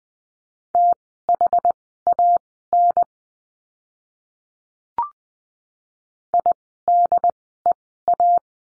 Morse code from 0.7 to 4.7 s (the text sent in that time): THAN